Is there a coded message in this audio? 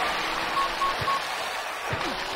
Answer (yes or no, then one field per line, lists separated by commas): no